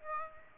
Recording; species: mosquito wingbeat signal from an infrared sensor; Aedes aegypti